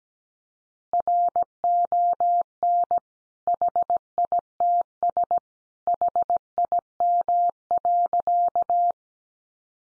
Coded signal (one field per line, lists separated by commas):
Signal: Morse code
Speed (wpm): 17 wpm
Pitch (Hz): 700 Hz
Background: none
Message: RON HITS HIM.